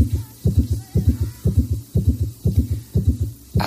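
Rapid, regular heartbeat of about 120 beats a minute, a racing heart: tachycardia, a heart problem brought on by smoking, diabetes and a sedentary lifestyle.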